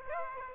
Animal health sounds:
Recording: mosquito wingbeat signal from an infrared sensor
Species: Aedes aegypti

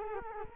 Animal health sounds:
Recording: mosquito wingbeat signal from an infrared sensor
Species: Culex quinquefasciatus

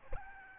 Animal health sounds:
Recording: mosquito wingbeat signal from an infrared sensor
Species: Aedes albopictus

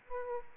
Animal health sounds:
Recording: mosquito wingbeat signal from an infrared sensor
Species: Aedes aegypti

